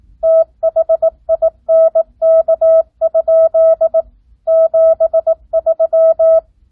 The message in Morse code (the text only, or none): THINK? 73